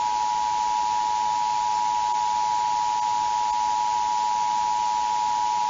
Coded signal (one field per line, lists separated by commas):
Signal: Emergency Alert System (SAME) tones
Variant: 853 and 960 Hz attention tone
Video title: EAS Scenario - Tornado Warning